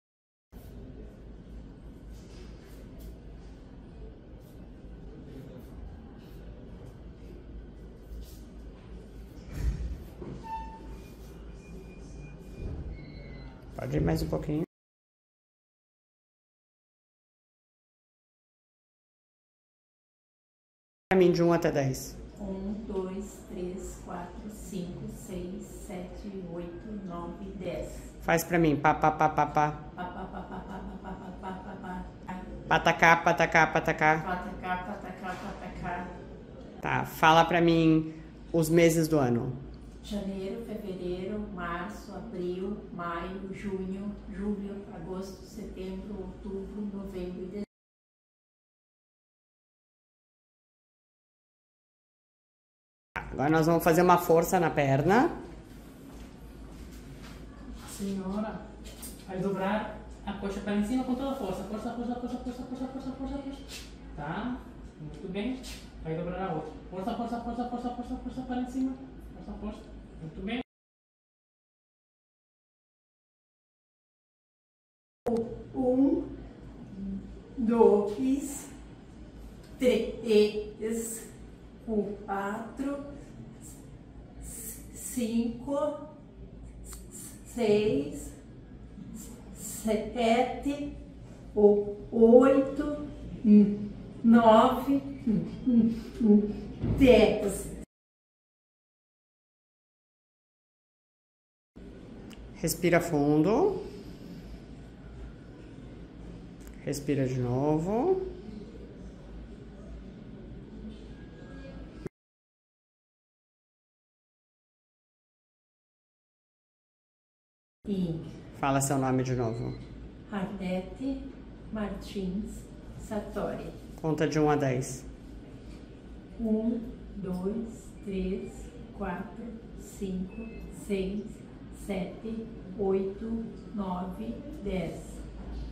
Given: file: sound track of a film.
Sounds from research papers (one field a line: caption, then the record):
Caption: It was observed that she presented with unremarkable speech; however, after minimal physical effort, such as motor tasks during the evaluation, the patient exhibited lip tremor and limb postures resembling dystonia in both hands and feet, followed by transient stuttering. This stuttering was characterized by syllable repetitions, variability in speech fluency, and brief blocks between some syllables or words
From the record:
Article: Functional speech disorder in a patient with X-linked adrenomyeloneuropathy: a diagnostic challenge